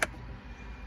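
A round plastic air vent insert is pushed into its dash opening in a Jeep Wrangler JK, with the Jeep logo turned slightly left, then turned until the logo faces up and it locks. A sharp plastic click at 0.0 s marks the vent seating, followed by low background rumble.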